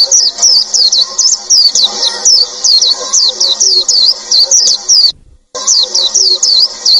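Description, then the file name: White-eye giving a rapid high-pitched twittering song of sharply bent notes, cut by a brief silent dropout before the same shrill chatter resumes. "tieng chim vanh khuyen"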